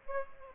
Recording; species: mosquito wingbeat signal from an infrared sensor; Aedes aegypti